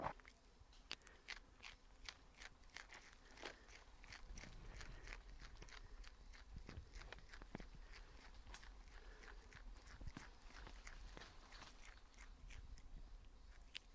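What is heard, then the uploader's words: An indri lemur munches on a leaf in the Andasibe forest. Crisp, irregular crunches and snaps come several times a second throughout, some sharper and brighter than others, over a faint steady hiss and a low rumble. Recording made in Andasibe forest in Madagascar this is the sound of a Babakoto (Indry Indry) lemur munching on a chriptocariae leaf, deep in the forest.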